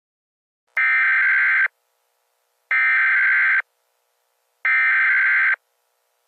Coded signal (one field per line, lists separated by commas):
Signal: Emergency Alert System (SAME) tones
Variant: header bursts